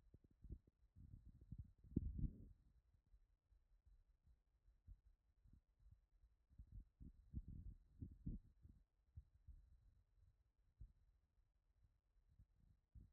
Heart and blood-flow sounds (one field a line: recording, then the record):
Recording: heart sounds by stethoscope after running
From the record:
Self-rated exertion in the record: vigorous exertion (4 of 6)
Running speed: 6 mph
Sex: male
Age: 25 years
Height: 174 cm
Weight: 71 kg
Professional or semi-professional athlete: no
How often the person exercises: 3 to 5 times a week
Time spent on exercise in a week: 2 to 3 hours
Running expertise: no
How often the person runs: 1 to 2 times a week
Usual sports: running, swimming, badminton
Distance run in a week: 8 km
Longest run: 10 km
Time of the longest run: 48 minutes